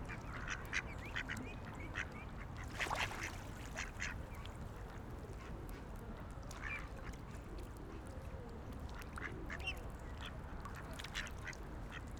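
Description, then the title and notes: Ducks giving scattered short calls, with a louder burst of noise near three seconds, over constant low rumble. Ducks on a lake in a park in Vienna, being fed by people. "Patos Viena. Este es el momento en el cual en un parque de Viena damos comida a unos patos que encontramos en un lago"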